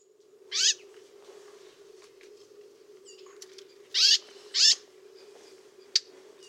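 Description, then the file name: Eurasian blackcap calls: harsh, scratchy down-sweeping notes, one alone then a close pair, followed by a single sharp click, with a steady low hum throughout. "Sylvia atricapilla"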